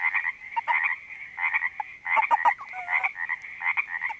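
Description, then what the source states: Frogs croaking together in overlapping calls above a steady buzzing hum. Frogs recorded at a creek in Panoche Valley, California, on 02-04-08 (2008).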